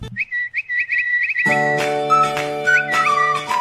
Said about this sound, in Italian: Quanto è bello questo stacchetto e questo sottofondo musicale che noi abbiamo adesso.